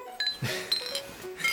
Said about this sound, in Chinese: 行。儿子，生日快乐。 生日快乐。 哥哥生日快乐，碰杯。